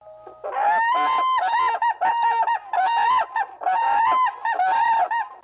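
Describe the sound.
Cranes calling: loud bugling notes with rich harmonics in bursts throughout, with short pauses between them.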